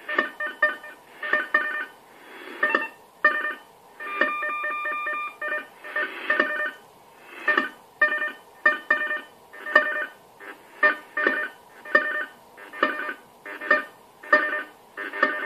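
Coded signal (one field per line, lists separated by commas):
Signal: unidentified radio signal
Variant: AMIS powerline carrier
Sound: rapid irregular buzzing bursts of harsh harmonic tone, several per second, over faint hum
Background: radio static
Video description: AMIS Signal der Energie-AG Oberösterreich im Langwellenbereich stören unter anderem den DCF-77 Zeitzeichenempfang sehr stark!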